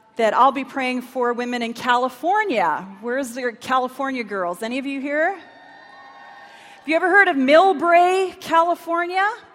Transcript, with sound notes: that I’ll be praying for women in California. Where are the California girls? Are there any of you here? [enthusiastic response] Have you ever heard of Millbrae, California?